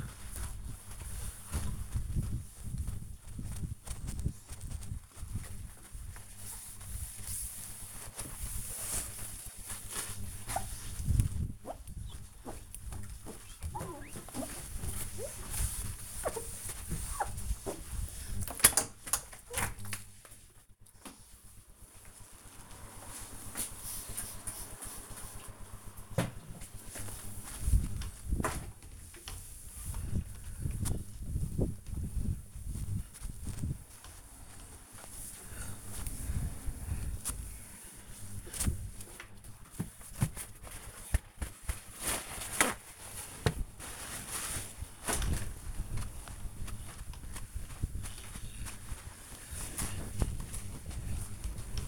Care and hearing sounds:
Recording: household activities, microphone on the right wrist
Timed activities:
0.00-51.88 s: window cleaning

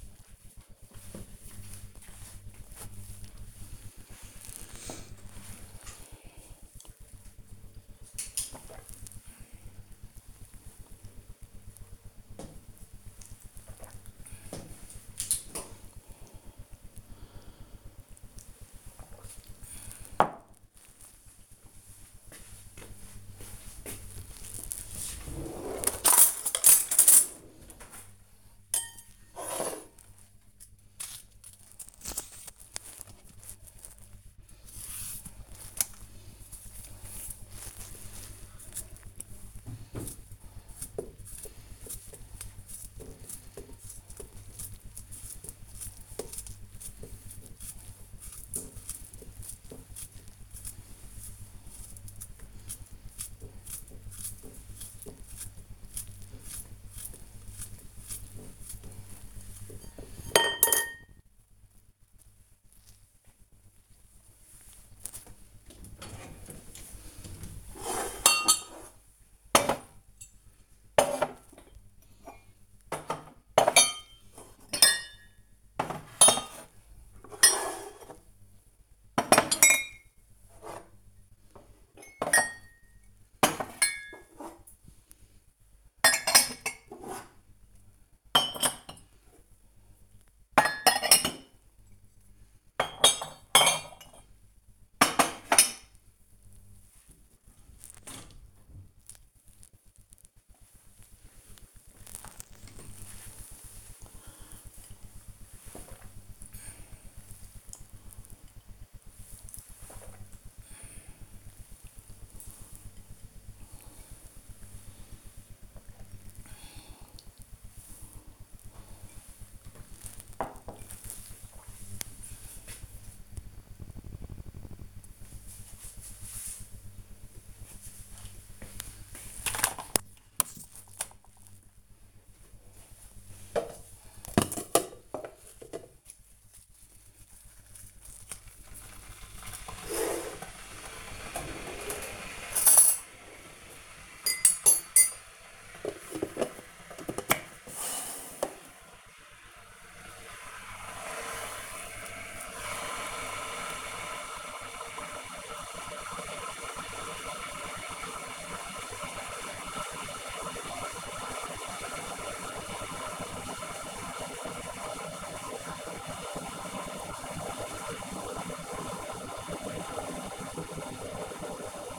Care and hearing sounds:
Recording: household activities, microphone on the right wrist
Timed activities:
5.05-19.18 s: drinking
30.24-60.49 s: cutting vegetables
65.52-97.63 s: putting away the dishes
101.66-118.74 s: drinking
131.79-171.99 s: making tea

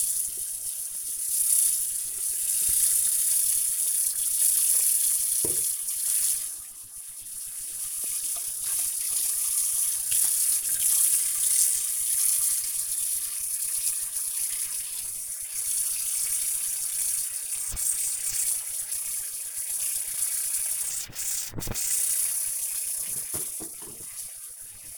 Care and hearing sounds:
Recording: household activities, microphone on the right wrist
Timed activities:
0.00-24.98 s: washing dishes

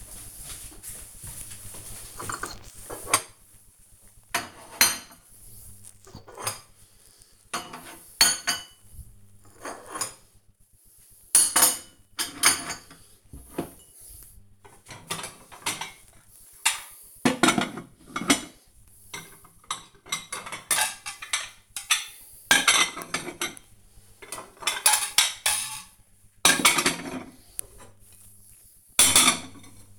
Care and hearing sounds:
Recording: household activities, microphone on the right wrist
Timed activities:
0.00-29.99 s: putting away the dishes

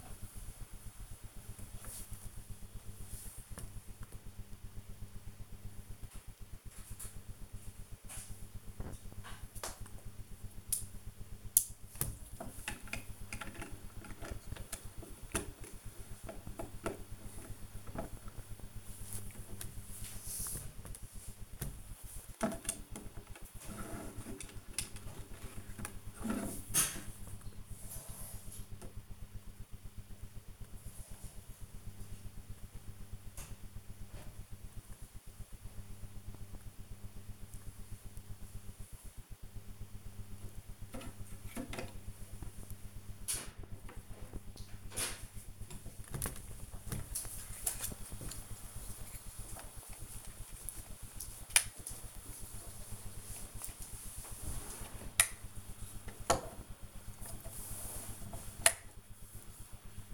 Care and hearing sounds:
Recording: household activities, microphone on the right wrist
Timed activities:
0.00-60.14 s: building with lego

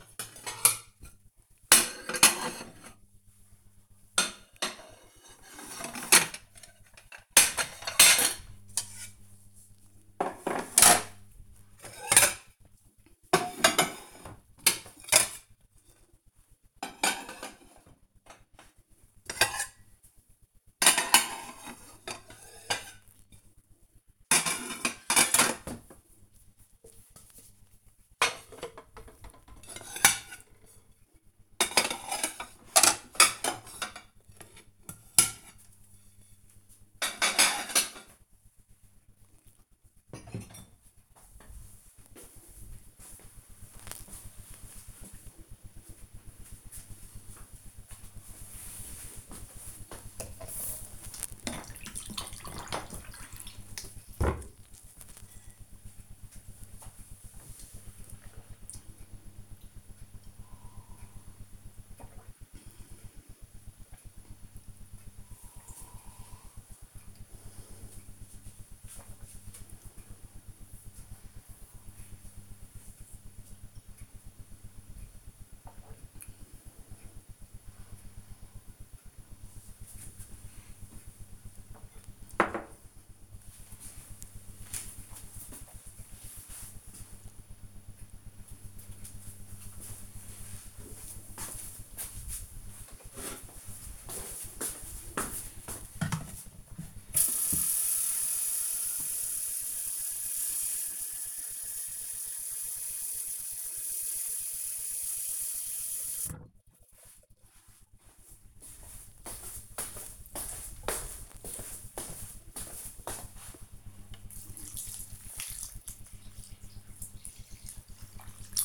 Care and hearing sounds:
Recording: household activities, microphone on the right wrist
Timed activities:
0.00-40.39 s: putting away the dishes
48.43-81.66 s: drinking
92.69-118.65 s: watering plant

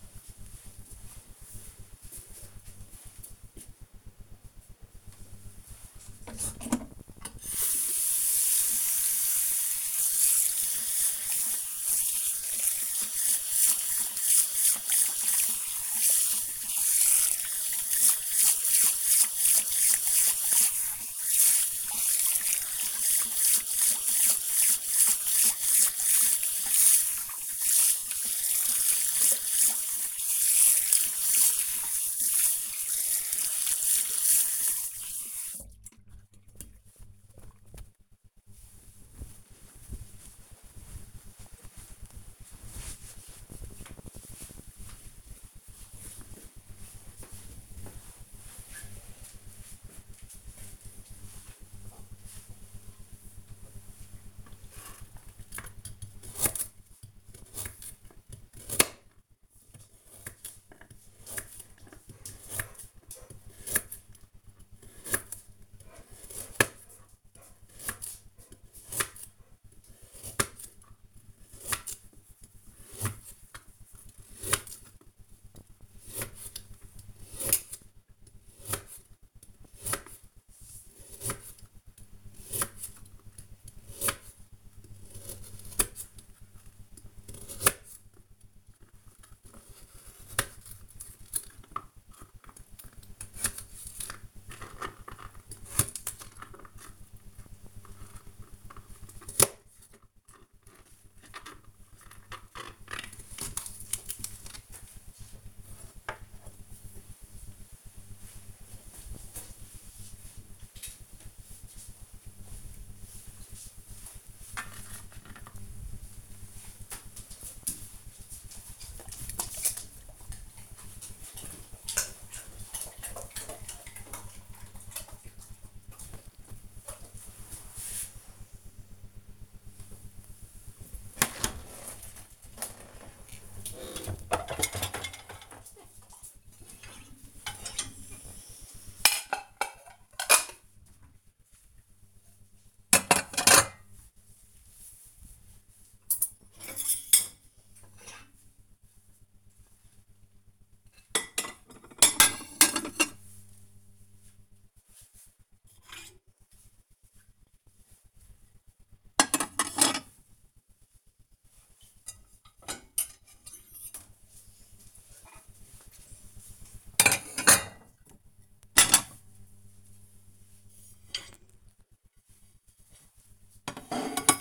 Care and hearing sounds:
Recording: household activities, microphone on the right wrist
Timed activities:
4.28-37.51 s: washing hands
52.57-104.81 s: cutting vegetables
129.96-174.41 s: cleaning out the dishwasher

